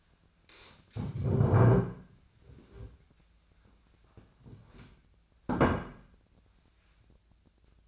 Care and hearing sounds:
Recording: daily activity, microphone in the room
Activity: stand up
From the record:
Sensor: 2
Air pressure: 1008.0 hPa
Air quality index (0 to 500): 181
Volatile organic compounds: 10 ppm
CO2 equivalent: 2229 ppm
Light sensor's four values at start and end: 11/26/11/11 and 11/26/11/11

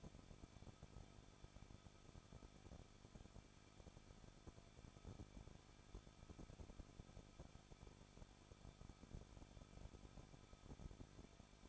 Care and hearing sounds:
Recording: daily activity, microphone in the room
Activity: no activity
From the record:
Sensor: 5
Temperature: 20.7 degrees Celsius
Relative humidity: 38.6%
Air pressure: 1006.4 hPa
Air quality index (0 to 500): 192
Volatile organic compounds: 21 ppm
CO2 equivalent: 2715 ppm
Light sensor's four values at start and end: 2/3/1/1 and 2/3/1/1

